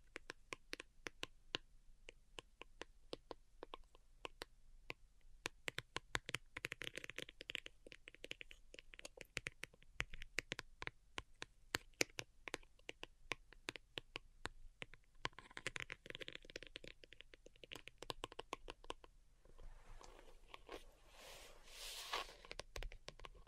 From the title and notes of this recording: ASMR DELICATE Tapping for Sleep (No Talking).